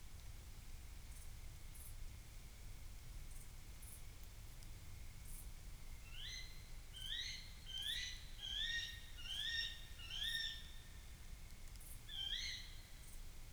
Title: Combe du Golet du Gela Peyrieu, France - Cris d'une chouette hulotte femelle dans la nuit